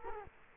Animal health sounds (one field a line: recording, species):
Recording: mosquito wingbeat signal from an infrared sensor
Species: Culex quinquefasciatus